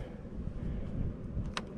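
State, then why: Not seated. A metal over-centre roof clamp on the body of a Jayco pop-top camper is handled after the canvas has been pushed down onto the mattress. A low, steady rumble fills the clip, with two brief sharp ticks at about 1.6 and 1.8 seconds. Nothing has seated or clicked into place yet.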